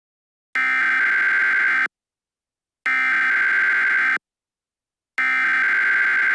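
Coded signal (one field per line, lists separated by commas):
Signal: Emergency Alert System (SAME) tones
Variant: header bursts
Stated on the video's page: Fictional EAS scenario, not a real alert.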